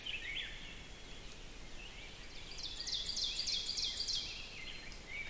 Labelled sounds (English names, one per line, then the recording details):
Ovenbird song
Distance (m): 70 m
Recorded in boreal forest in Alberta, Canada, on 6 June 2016 at 05:14
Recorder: SongMeter 3, array SBT-3-51
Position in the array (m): 228 m, 7 m
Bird 27